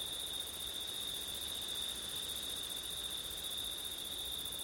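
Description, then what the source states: Crickets singing steadily, a constant piercing trill without pauses plus a rapid ticking shimmer above it over soft hiss. Crickets on a windy September night; ortif recording.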